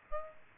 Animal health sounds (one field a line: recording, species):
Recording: mosquito wingbeat signal from an infrared sensor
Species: Aedes aegypti